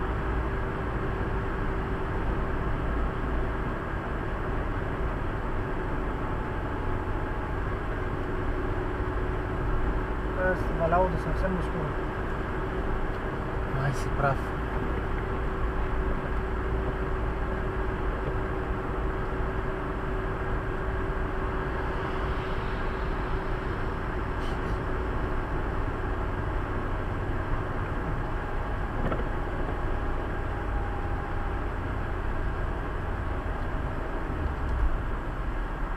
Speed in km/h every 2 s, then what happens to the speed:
92, 91, 89, 87, 87, 89, 90, 91, 90, 90, 90, 90, 89, 86, 84, 81, 81, 79.
0-25 steady at about 90. 25-36 slows to 79.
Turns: none.